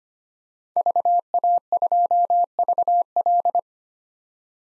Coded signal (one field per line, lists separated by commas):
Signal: Morse code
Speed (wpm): 25 wpm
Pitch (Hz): 700 Hz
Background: none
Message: VA2VL